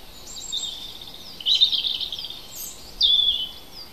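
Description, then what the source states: Birdsong with two brief, bright, warbling bursts of high notes about a second and a half apart, over soft continuous background chirping. Native hedgerow birds recorded in April.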